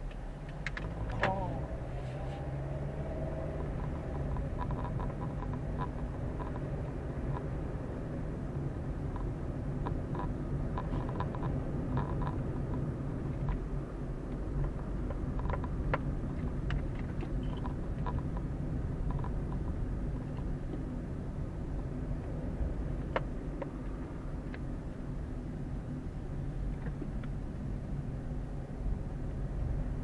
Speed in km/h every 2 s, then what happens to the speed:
11, 19, 25, 29, 31, 33, 34, 31, 28, 28, 27, 28, 24, 22, 23.
0-11 speeds up to 34. 11-30 slows to 23.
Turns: none.